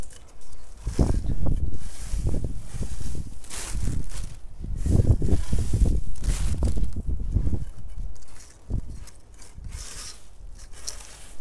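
Dried shredded daikon is gathered from a drying rack into a bag, with crinkly bag rustles throughout. The crackling comes in dense, irregular bursts with soft thuds underneath, busiest from about one to seven seconds, then thinning to scattered rustles before a final flurry.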